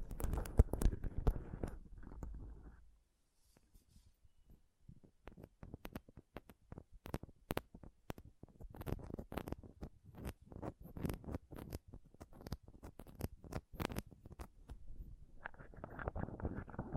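Scratching and touching on a microphone, starting with a dense rough rubbing burst for about three seconds, then a brief near-silence. From about four seconds on come rapid irregular scratches and taps, sharp and crackly, before heavier rubbing returns near the end.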